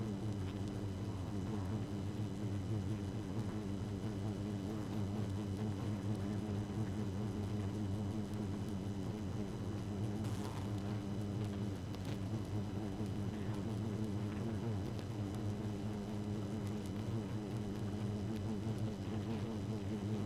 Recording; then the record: honeybee colony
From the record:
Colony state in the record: active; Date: 12 June 2018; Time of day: 0:16